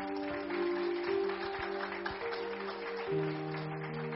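An audience at a church service claps steadily for the Lord for several seconds, a dense crackling wash of many hands, while sustained keyboard or organ chords hold underneath and shift pitch near the end. No one speaks.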